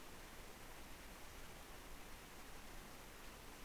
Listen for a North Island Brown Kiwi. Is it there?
no